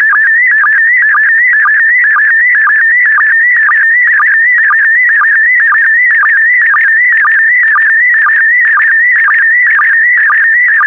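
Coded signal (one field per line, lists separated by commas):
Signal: SSTV (slow-scan television)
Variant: PD120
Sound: steady warbling whine around 2 kHz with fast regular low chirping blips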